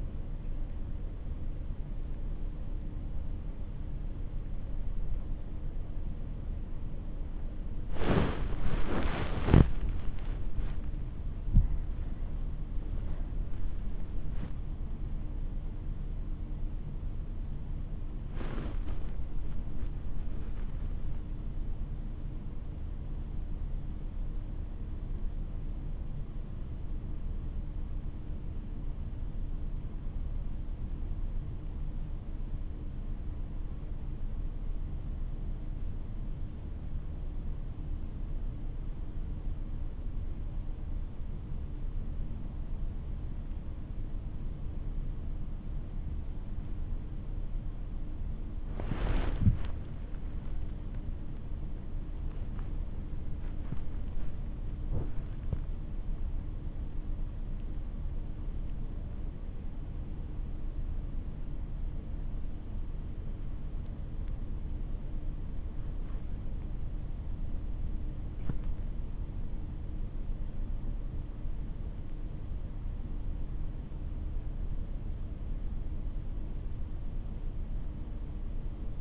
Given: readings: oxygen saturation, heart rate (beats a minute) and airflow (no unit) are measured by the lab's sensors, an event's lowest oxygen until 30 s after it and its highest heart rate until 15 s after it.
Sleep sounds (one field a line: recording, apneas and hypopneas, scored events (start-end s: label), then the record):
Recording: breathing in sleep by a smartphone at the bedside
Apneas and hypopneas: 1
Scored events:
13.00-79.01 s: new sleep stage, N1 (lightest sleep)
25.00-50.40 s: hypopnea (N1, oxygen 97% highest, then 94% lowest)
From the record:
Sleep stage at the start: N2 (light sleep)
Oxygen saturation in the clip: 92 to 97%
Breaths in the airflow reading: 17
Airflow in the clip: -7.3 to 9.7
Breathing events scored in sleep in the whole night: 304 in 5.6 hours asleep